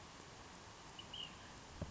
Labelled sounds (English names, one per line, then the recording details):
Ash-throated Flycatcher
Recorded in Sonoma County, California